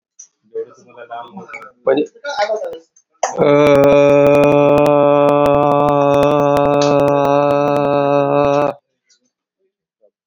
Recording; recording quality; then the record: sustained vowel as in made; moderate, slight background noise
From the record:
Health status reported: COVID-19 positive, no symptoms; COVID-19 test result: positive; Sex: male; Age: 57 years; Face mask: worn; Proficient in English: yes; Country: India